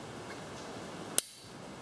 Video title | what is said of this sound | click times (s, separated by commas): How To Take Apart and Re-Time the Yamaha 3B4-4616A-02-00 4x4 Servo Assembly | kind of clicks in place | 1.2 s